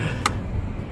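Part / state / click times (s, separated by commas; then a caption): turn signal switch into steering column housing / seated / 0.3 s. A replacement turn signal switch for a 2007 Saturn Vue is slid into the steering column housing and pushed down until it locks. A single sharp click sounds at 0.3 s over a low background hum. The switch is seated.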